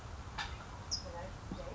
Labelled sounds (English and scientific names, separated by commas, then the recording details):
California Towhee (Melozone crissalis)
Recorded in Sonoma County, California